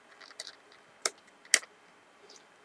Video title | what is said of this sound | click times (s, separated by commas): 『MB大熊開箱』科幻拼裝場景，組裝到奔潰啦！！#1 | 然后就把它给卡上去，然后就可以把它固定成一片。 | 1.1 s, 1.5 s